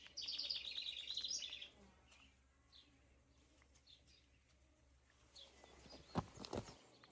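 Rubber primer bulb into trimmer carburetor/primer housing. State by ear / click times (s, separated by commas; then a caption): not seated / none. A replacement rubber primer bulb, apparently the wrong part from the dealer, is pushed into the carburetor primer housing of a brush cutter or trimmer outdoors. Birds chirp loudly from about 0.2 to 1.7 s, then quiet ambience follows with a few brief handling taps around 6.2–6.5 s. The bulb sits loosely and nothing has seated or clicked into place.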